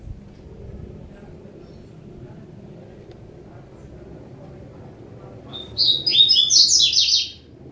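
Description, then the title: Double-collared seedeater song, one short high twittering phrase near the end after a stretch of low background rumble. "Canto Coleiro"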